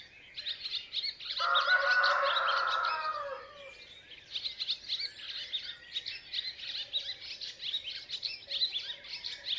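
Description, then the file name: Chicken: rooster giving a single drawn-out crow lasting about two seconds, with small birds chirping in the background. "Rooster Crowing Sound"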